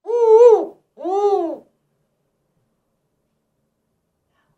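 An eagle gives two arched, harmonic yelping calls in quick succession, the second shorter and lower. Silence follows.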